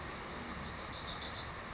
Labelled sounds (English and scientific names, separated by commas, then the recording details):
Wilson's Warbler (Cardellina pusilla)
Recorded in Sonoma County, California